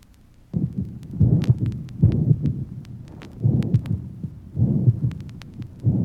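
Low, muffled heartbeats with a drawn-out rumbling murmur through each beat, pointing to an abnormal heart murmur.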